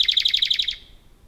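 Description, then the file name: Radde's warbler song: a brisk, even string of sharp repeated notes, each slurring slightly downward. "warbler-radde -Phylloscopus-schwarzi"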